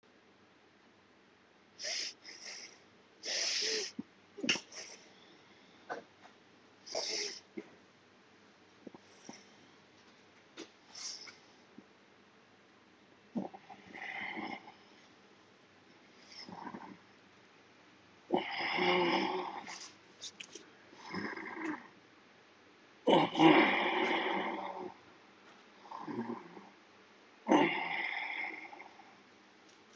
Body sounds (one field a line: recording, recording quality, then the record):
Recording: deep breathing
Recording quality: excellent, no background noise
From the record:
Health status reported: COVID-19 positive, mild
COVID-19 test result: positive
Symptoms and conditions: fever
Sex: male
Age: 55 years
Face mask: worn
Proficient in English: yes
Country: India